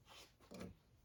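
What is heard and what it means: Plastic dowels are handled at the headlight housing of a 2007-2013 Toyota Tundra, about to be pushed back into their holes until they click. Soft rubbing and scraping sounds are heard, with a fuller, louder scrape around 0.5 to 0.7 seconds. Nothing has seated or clicked yet.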